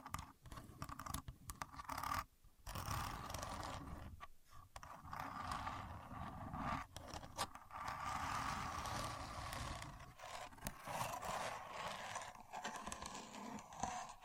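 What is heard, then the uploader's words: A contour gauge is worked, making a dense, continuous scratchy rubbing as its pins slide and press. The scraping runs almost without pause, broken by brief silent gaps near two, four, seven and ten seconds, with small clicks and ticks scattered throughout. Using A Contour Gauge (No Talking).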